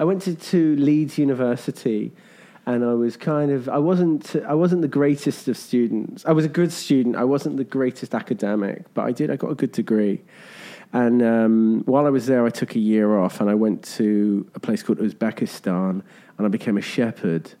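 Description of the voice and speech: Fluent, clear conversational adult male speech at a normal pitch and pace, with one brief interjection from a second voice.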